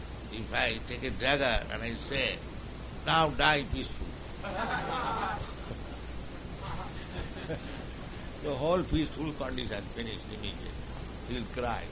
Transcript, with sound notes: If I take a dagger and I say, "Now die peacefully," [laughter] the whole peaceful condition finished immediately. He will cry.